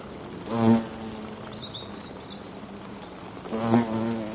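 European hornet buzz in two loud passes, one near the start and one near the end, with a quieter low hum between.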